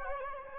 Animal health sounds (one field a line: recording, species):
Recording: mosquito wingbeat signal from an infrared sensor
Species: Anopheles gambiae